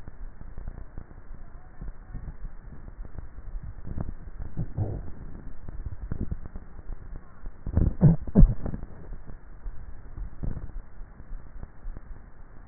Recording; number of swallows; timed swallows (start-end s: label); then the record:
swallowing sounds by neck microphone; 3
3.28-4.22 s: swallow
5.65-6.35 s: swallow
9.92-10.72 s: swallow
From the record:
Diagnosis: dysphagia